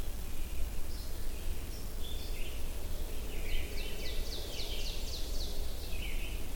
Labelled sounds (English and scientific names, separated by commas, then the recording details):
Ovenbird (Seiurus aurocapilla) song
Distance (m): 85 m
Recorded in boreal forest in Alberta, Canada, on 22 June 2016 at 06:37
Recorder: SongMeter 3, array SBT-6-76
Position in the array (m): 165 m, 135 m
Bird 3